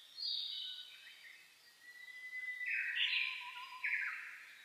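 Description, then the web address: Birds at dawn: a high warbled phrase, a thin rising whistle, then a louder chattering burst and a lower whistled note underneath. Dawn chorus (reimei) recorded on 10 May 2010. "sounds data 2010 reimei DH-D 50-saezuri-20100510-0401"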